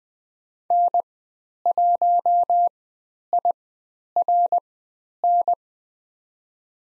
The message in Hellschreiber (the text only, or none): none